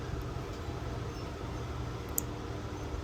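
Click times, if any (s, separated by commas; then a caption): 2.2 s. A plastic wiring connector, blue on the right, is pushed into its mating socket on a motorcycle harness during a Gen 1 Hayabusa rebuild. Over a steady low hum, a single sharp click is heard at 2.2 s as the plastic tab locks. The connector is seated.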